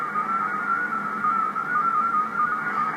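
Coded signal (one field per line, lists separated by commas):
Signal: multi-tone FSK (Olivia or MFSK type)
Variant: MFSK16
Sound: warbling run of rapidly changing pitched tones over steady radio hiss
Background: radio static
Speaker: that signal is getting weak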